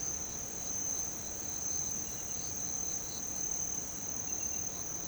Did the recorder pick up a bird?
no